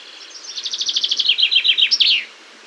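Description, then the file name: Common chaffinch song: a series of bright notes descending in pitch through two trilled phrases, finishing with a sharp flourish at the end, over a quiet background. "Fringilla coelebs"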